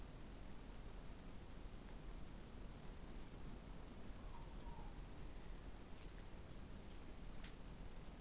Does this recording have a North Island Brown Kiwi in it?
no